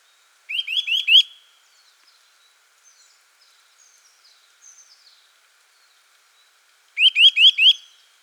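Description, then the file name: Eurasian nuthatch calling, a quick burst of four sharp rising notes, a pause of several seconds with faint chips, then another run of four similar notes. "Sitta europaea"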